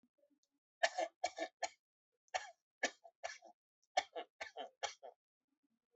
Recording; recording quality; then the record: heavy voluntary cough; excellent, no background noise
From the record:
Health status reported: healthy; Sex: male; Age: 53 years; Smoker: yes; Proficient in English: yes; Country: India